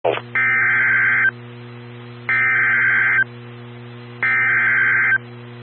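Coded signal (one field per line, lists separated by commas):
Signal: Emergency Alert System (SAME) tones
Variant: header bursts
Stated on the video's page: Emergency Alert System tones for a National Weather Service severe thunderstorm warning issued for two Illinois counties.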